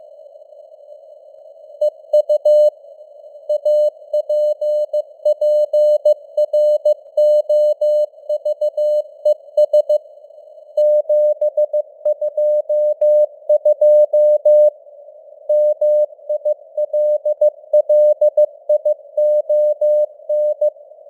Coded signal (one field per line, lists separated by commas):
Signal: Morse code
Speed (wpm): 15 wpm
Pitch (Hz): 600 Hz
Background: none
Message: EU APPROVES 722 MILLION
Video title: Morse Code News | 2026-01-10 | 15wpm